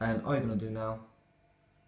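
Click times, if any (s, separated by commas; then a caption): none. A laptop RAM module is being pushed down into its memory slot in a MacBook Pro 13" Non Retina during a 4GB to 16GB RAM upgrade. Someone talks for about the first second, then the sound drops to quiet room noise. Nothing has seated or clicked yet.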